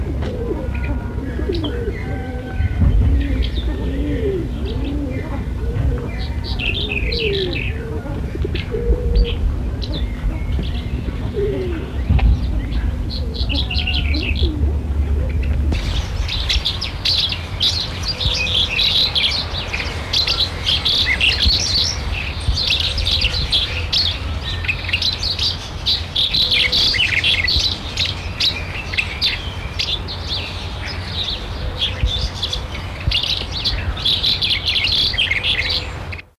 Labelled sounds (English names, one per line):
Red-headed Bunting song